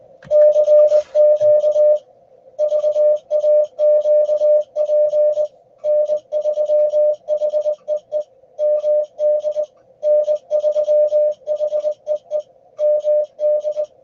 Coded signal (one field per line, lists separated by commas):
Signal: Morse code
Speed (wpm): 18 wpm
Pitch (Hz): 600 Hz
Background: music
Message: CQ VAQP N3HEE MD N3HEE MD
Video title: Contesting Demo - VA QSO Party 2015